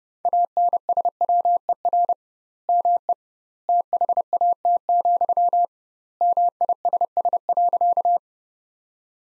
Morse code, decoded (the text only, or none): ANSWER ME THAT, MISS.